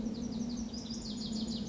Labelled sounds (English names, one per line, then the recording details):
Lazuli Bunting
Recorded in Sonoma County, California